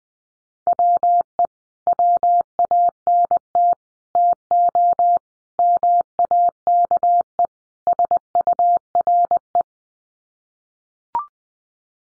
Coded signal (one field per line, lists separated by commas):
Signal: Morse code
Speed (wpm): 20 wpm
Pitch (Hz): 700 Hz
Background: none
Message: WE WANT TO MAKE SURE